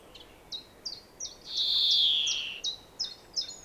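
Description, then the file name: European greenfinch: brief high chirps repeated about three per second, interrupted by a loud, drawn-out buzzy wheeze. "Chloris chloris"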